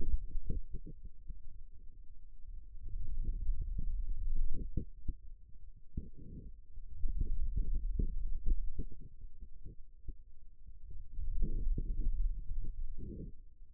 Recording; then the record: forearm muscle sounds (acoustic myography)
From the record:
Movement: finger pinch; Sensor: system 2, bracelet of six BSWA MPA416 microphones around the upper forearm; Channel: 3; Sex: male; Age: 22 years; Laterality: right